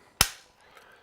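A Festool KS 60 sliding miter saw head is brought back upright on the saw base and gives one sharp click at 0.2 s as it seats into the 90-degree bevel detent. The click rings briefly, followed by a faint tick around 0.8 s. The head rests back in the 90-degree position, seated.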